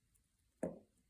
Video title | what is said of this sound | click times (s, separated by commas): Building Namoki’s homage to the BB58 | heard that click just | 0.6 s